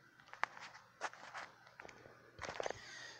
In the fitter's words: now it's just popped in and I think we can velcro around it okay we